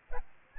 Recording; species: mosquito wingbeat signal from an infrared sensor; Aedes albopictus